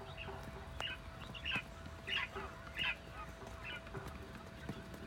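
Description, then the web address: Quail calling: a series of short bright notes repeated at a fairly even pace, over a steady hum and background noise. Recorded in Orotina. "orotina codorniz"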